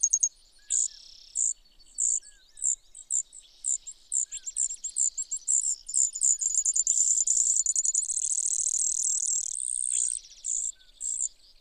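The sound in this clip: Brewer's sparrow, high-pitched song of scattered chips building into long, varied trills and buzzy rattles, speeding and slowing, with pitch stepping up and down.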